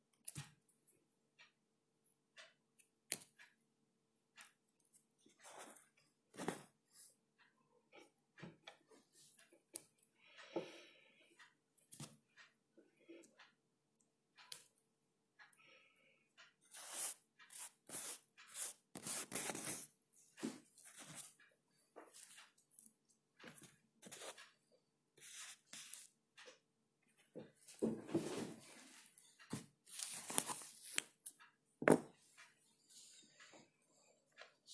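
Page flipping, writing and typing fill the recording as sharp taps and clicks, sparse at first and growing denser after about fifteen seconds. Louder rustling bursts of paper come around 19 and again near 28–31 seconds, with a faint steady hum underneath.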